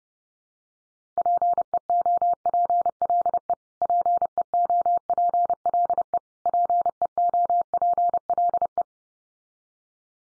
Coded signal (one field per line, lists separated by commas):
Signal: Morse code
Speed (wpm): 30 wpm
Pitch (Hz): 700 Hz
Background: none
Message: PEOPLE PEOPLE PEOPLE